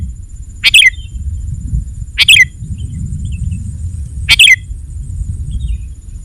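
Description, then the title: Sooty-headed bulbul song: three short bubbly chirped phrases spaced irregularly, over a noticeable low rumbling background. "kutilang"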